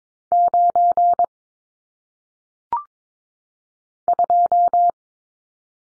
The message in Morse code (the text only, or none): 9 2